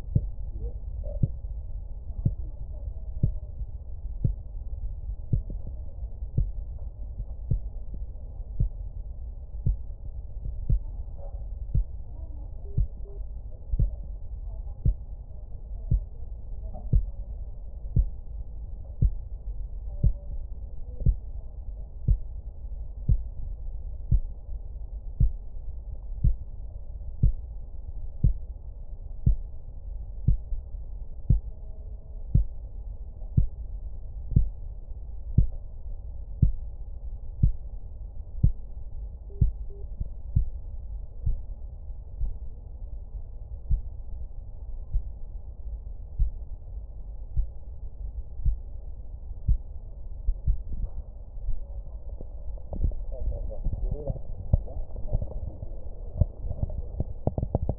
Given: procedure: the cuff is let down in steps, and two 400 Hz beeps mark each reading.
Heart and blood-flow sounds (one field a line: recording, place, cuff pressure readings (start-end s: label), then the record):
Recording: Korotkoff sounds by stethoscope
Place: brachial artery, at the lower edge of an arm cuff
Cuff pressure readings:
12.65-13.18 s: 95 mmHg
39.30-39.83 s: 90 mmHg
From the record:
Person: healthy adult, 24 to 32 years, lying on the back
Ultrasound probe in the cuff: middle